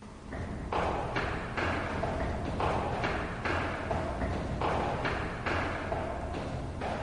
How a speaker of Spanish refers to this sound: Era como si algo o alguien, por las pisadas incluso, yo me aventuraría a decir que con el peso de una mujer, ¿verdad? Algo estuviera pisando aquellas escaleras por las que ya no íbamos nosotros,